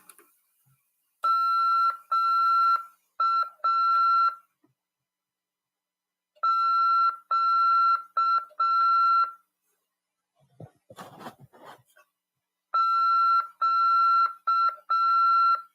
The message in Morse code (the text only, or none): MA Q Q